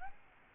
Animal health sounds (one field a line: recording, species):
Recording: mosquito wingbeat signal from an infrared sensor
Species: Aedes albopictus